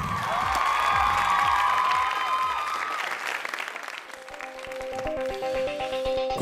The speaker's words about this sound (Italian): Allora un applauso, vai!